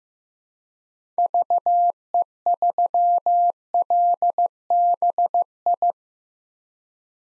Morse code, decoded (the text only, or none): VE3LBI